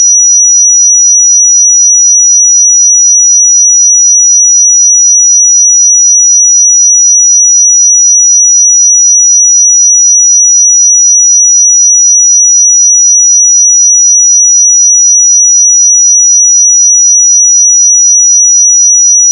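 A pure sine tone at 5852 Hz holds perfectly steady for the whole clip, a single thin, piercing high pitch. Its level never wavers or pulses, and nothing else sounds underneath it.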